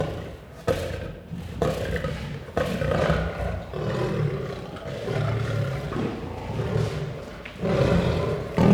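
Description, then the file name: Lion growling in long, rough, low rumbles. Growling and roaring. "Het grommen en brullen van een leeuw - Beeld en Geluid"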